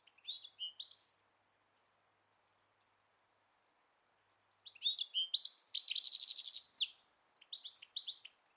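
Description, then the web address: Bird singing a brief chirpy phrase, then after a pause a long twittering run with a buzzy trill, followed by another quick burst of high notes. "Deverinetal"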